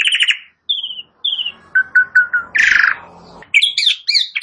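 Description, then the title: Asian pied starling song, opening with bright whistles, then a string of short clipped notes, a harsh rasping burst and a final run of squeaky chattering phrases. "Jalak Suren Langsung Bunyi"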